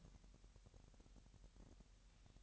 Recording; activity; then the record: daily activity, microphone in the room; take from stove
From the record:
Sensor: 3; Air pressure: 1001.9 hPa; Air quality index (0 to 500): 243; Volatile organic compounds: 46 ppm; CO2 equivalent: 3236 ppm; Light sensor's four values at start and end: 6/15/6/6 and 6/15/6/6